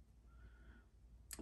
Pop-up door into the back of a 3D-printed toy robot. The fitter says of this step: pop-up door like that door just snaps in place and the